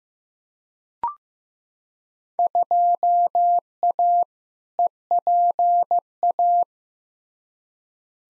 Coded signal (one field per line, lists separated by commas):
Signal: Morse code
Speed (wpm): 15 wpm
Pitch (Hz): 700 Hz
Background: none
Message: 2A EPA